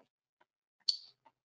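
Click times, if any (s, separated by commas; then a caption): 0.9 s. During an ultrasound-guided biopsy, a thumb pushes the top of a biopsy needle, firing the spring-loaded outer cutting cannula over the inner needle to cut a tissue sample. A sharp, bright click at 0.9 s decays over about a quarter second, with a faint tick at 1.3 s and only soft ticks before it. The cannula fires with a small click and a little jolt, and then the whole assembly is withdrawn.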